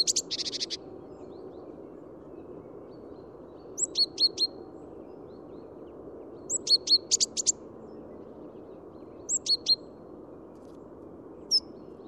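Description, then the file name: Great tit calling with a brief scratchy burst, then short groups of three or four sharp high notes repeated every few seconds over low background hiss. "Parus major"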